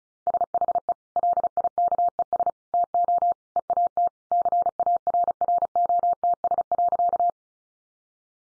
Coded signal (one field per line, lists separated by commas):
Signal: Morse code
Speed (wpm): 34 wpm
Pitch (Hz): 700 Hz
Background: none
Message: SHE LIKES TO EAT CARROTS.